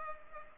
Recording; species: mosquito wingbeat signal from an infrared sensor; Culex pipiens